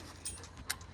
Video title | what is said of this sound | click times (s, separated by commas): Connecting into your lines - Vertical Rescue | that allows it you'll hear a click | 0.7 s